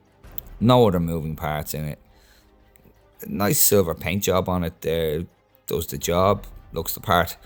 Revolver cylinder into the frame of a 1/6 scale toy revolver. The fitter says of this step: Και όπως τα περισσότερα περίστροφα κλίμακας 16 ανοίγουν έτσι απλά και κουμπώνουν ξανά κλειστά εκεί. Και μένει μέσα.